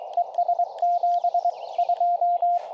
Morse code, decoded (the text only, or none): ES 72